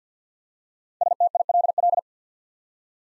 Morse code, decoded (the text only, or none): STILL